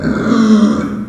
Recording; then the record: squeal of a Yucatan mini pig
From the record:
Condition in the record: after surgery on the right vocal fold (resection and tissue-engineered implant); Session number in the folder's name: 7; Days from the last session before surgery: 47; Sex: female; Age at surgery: 19 weeks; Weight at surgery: 25 kg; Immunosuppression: prednisolone